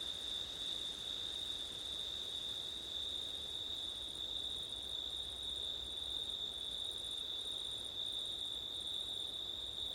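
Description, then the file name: Cricket chorus: one unbroken shrill trill held throughout, plus a higher insect buzz pulsing in regular short phrases, with faint wind noise beneath. Crickets recorded on a September night with wind. "crickets wind september night ortif"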